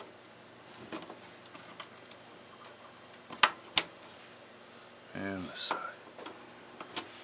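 With one side of a RAM stick already latched, the other side is pushed into a motherboard DIMM slot, and two loud, sharp clicks ring out at 3.4 s and 3.8 s as the retention tab snaps closed. The memory module is seated, with a few faint ticks before and after and someone talking briefly near the end.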